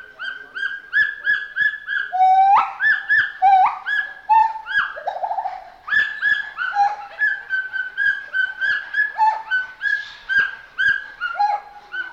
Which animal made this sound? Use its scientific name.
Hylobates pileatus